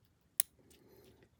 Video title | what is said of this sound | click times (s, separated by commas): Making a Terminal Tool & How to De-pin VW Connectors | put it back in place you're going to hear a little click again | 0.4 s